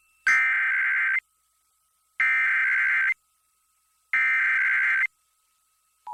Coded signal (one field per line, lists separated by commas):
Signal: Emergency Alert System (SAME) tones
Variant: header bursts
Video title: [EAS #2400-#2416] Do you like RMTs & RWTs? This is the video for you.